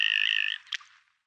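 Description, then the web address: Common goldeneye call: one steady nasal buzzing note lasting about half a second, then a brief rasping click that fades out. Males. "Schulze Peter Common Goldeneye males"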